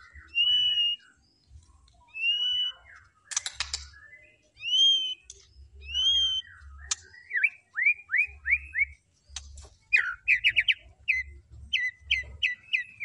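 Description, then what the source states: White-rumped shama song: clear slurred whistles separated by pauses, followed by quicker downslurred notes and rapid stuttering trills. Lure recording played to make the bird respond; the singing is described as gacor, persistent vigorous song.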